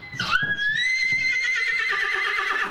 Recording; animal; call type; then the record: contact call of a hoofed animal; horse; whinny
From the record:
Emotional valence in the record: negative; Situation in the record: separation from one group member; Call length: 2.8 s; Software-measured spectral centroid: 2590 Hz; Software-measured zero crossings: 3890 a second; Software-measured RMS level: -24 dBFS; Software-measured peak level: -9 dBFS